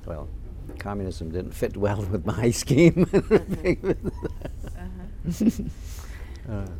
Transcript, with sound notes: well, communism didn't fit well with my scheme. ( he laughs )
Uh-huh.